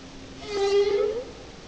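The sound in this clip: Whale call, a single drawn-out tonal moan that holds steady and then rises slightly at its end, lasting under a second over a hissing background.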